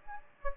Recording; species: mosquito wingbeat signal from an infrared sensor; Aedes albopictus